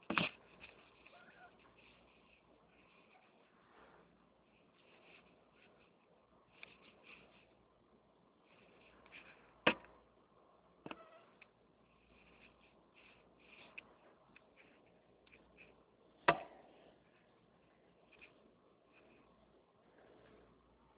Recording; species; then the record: mosquito flight sound by mobile phone; Anopheles albimanus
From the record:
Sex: male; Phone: Nokia 6555B